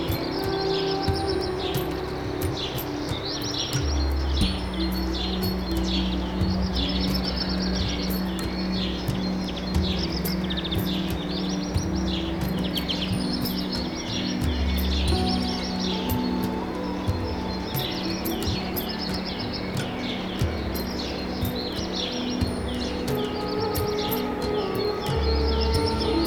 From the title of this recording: The Birds are Awake - Ambience